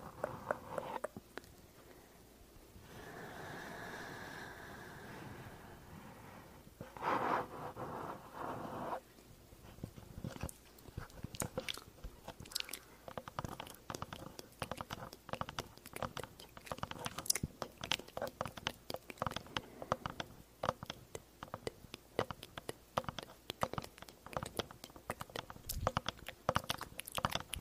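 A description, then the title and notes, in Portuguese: Mouth sounds and tapping: soft breathy sounds early on, then dense, rapid crisp clicks and taps continuing throughout. ASMR usando o microfone TASCAM, fazendo sons de boca e tapping na sensibilidade máxima.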